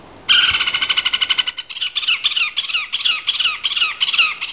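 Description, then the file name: Great spotted cuckoo chatter, a rapid series of harsh, rasping notes repeated several times a second, broken into short bursts. "Cuculo Dal Ciuffo"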